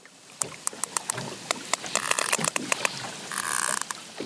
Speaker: clicking you're hearing, that's the sound of the sperm whales talking to each other.